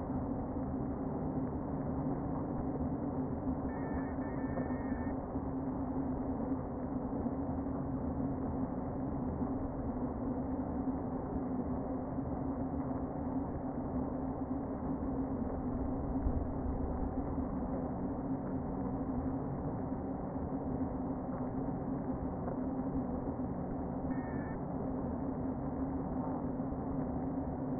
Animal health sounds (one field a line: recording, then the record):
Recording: honeybee colony, microphone inside the hive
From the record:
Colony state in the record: queen present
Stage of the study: before two queens were removed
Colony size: about 60,000 bees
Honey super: yes